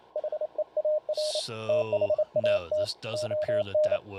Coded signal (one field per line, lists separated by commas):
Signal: Morse code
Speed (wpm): 28 wpm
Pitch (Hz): 610 Hz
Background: speech, radio noise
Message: HEAR THAT ON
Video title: Using Voice Keying and CW Macros via the SDC Client and TCI Interface